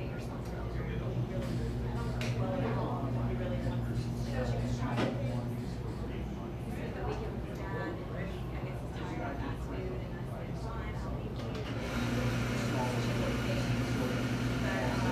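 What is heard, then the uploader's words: A buzzing coffee shop fills the scene with a dense, steady murmur of overlapping voices and occasional clinks and clatters. A low hum runs underneath throughout, growing slightly louder and brighter after about twelve seconds, as if a machine or traffic kicks in. A buzzing coffee shop.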